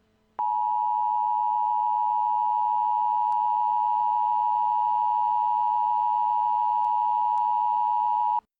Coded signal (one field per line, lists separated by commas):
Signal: Emergency Alert System (SAME) tones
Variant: 853 and 960 Hz attention tone